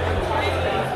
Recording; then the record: background sound without coughing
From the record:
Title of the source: CITY SOUNDS Busy Bar in the Evening Night - 2 HOURS of Ambiance for Relaxation